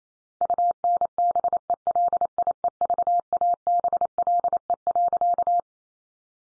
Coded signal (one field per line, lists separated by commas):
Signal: Morse code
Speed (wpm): 28 wpm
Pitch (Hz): 700 Hz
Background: none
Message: UNBELIEVABLE.